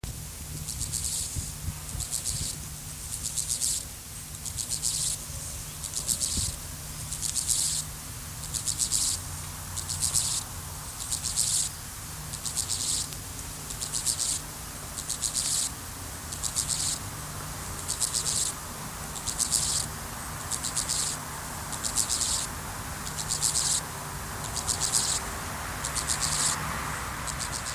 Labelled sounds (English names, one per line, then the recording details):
Steppe Grasshopper
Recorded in the wild
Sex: male
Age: imago
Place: Bogensee, Barnim, Brandenburg, DE
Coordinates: 52.7714, 13.5294
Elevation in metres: 60
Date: 2003-08-06 17:00
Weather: sonnig, 31°C
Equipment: Fair Mate ST-1328 (Asahi Electronics, Japan), Sennheiser ME 80, Kopie Uher 4000 Report Monitor
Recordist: Tembrock, Günter